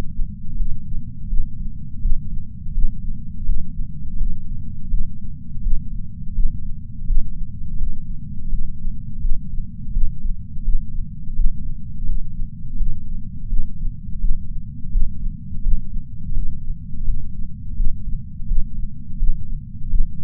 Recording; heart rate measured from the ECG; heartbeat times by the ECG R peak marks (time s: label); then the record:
heart sounds by patch sensor on the chest; 84 bpm
0.59 s: heartbeat
1.30 s: heartbeat
2.03 s: heartbeat
2.75 s: heartbeat
3.48 s: heartbeat
4.20 s: heartbeat
4.91 s: heartbeat
5.64 s: heartbeat
6.36 s: heartbeat
7.07 s: heartbeat
7.79 s: heartbeat
8.51 s: heartbeat
9.22 s: heartbeat
9.94 s: heartbeat
10.65 s: heartbeat
11.36 s: heartbeat
12.08 s: heartbeat
12.79 s: heartbeat
13.50 s: heartbeat
14.21 s: heartbeat
14.93 s: heartbeat
15.64 s: heartbeat
16.35 s: heartbeat
17.07 s: heartbeat
17.77 s: heartbeat
18.48 s: heartbeat
19.20 s: heartbeat
19.91 s: heartbeat
From the record:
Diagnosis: coronary artery disease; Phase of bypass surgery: postoperative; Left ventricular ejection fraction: 63%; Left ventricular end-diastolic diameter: 47 mm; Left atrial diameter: 42 mm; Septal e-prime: 6.9 cm/s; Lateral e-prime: 10.4 cm/s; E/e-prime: 10.3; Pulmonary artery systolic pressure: 20 mmHg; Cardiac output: 7.8 L/min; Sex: female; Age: 70 years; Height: 164 cm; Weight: 70 kg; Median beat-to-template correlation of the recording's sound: 0.88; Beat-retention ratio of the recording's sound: 1.00